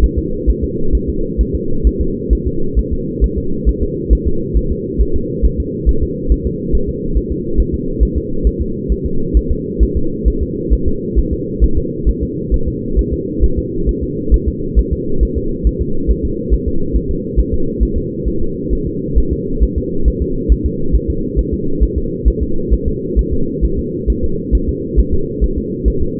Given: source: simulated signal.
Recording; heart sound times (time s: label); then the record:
fetal heart sounds
0.04 s: S1
0.18 s: S2
0.49 s: S1
0.64 s: S2
0.95 s: S1
1.09 s: S2
1.41 s: S1
1.55 s: S2
1.87 s: S1
2.01 s: S2
2.33 s: S1
2.47 s: S2
2.79 s: S1
2.93 s: S2
3.24 s: S1
3.38 s: S2
3.69 s: S1
3.83 s: S2
4.13 s: S1
4.27 s: S2
4.57 s: S1
4.72 s: S2
5.01 s: S1
5.16 s: S2
5.45 s: S1
5.60 s: S2
5.89 s: S1
6.03 s: S2
6.32 s: S1
6.46 s: S2
6.75 s: S1
6.89 s: S2
7.17 s: S1
7.32 s: S2
7.60 s: S1
7.74 s: S2
8.03 s: S1
8.18 s: S2
8.47 s: S1
8.62 s: S2
8.92 s: S1
9.06 s: S2
9.37 s: S1
9.52 s: S2
9.83 s: S1
9.97 s: S2
10.28 s: S1
10.43 s: S2
10.73 s: S1
10.88 s: S2
11.19 s: S1
11.33 s: S2
11.64 s: S1
11.78 s: S2
12.09 s: S1
12.23 s: S2
12.54 s: S1
12.68 s: S2
12.99 s: S1
13.13 s: S2
13.44 s: S1
13.59 s: S2
13.89 s: S1
14.04 s: S2
14.34 s: S1
14.48 s: S2
14.79 s: S1
14.93 s: S2
15.23 s: S1
15.38 s: S2
15.67 s: S1
15.81 s: S2
16.11 s: S1
16.25 s: S2
16.54 s: S1
16.68 s: S2
16.96 s: S1
17.11 s: S2
17.39 s: S1
17.54 s: S2
17.83 s: S1
17.98 s: S2
18.28 s: S1
18.42 s: S2
18.73 s: S1
18.87 s: S2
19.18 s: S1
19.33 s: S2
19.63 s: S1
19.78 s: S2
20.08 s: S1
20.22 s: S2
20.52 s: S1
20.66 s: S2
20.95 s: S1
21.10 s: S2
21.39 s: S1
21.54 s: S2
21.83 s: S1
21.98 s: S2
22.28 s: S1
22.43 s: S2
22.73 s: S1
22.88 s: S2
23.19 s: S1
23.33 s: S2
23.65 s: S1
23.79 s: S2
24.10 s: S1
24.24 s: S2
24.55 s: S1
24.69 s: S2
25.00 s: S1
25.14 s: S2
25.44 s: S1
25.58 s: S2
25.88 s: S1
26.02 s: S2
From the record:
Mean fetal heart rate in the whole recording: 135 bpm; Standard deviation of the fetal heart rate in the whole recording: 3 bpm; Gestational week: 34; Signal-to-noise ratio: -8.1 dB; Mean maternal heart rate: 72 bpm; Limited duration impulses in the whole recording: absent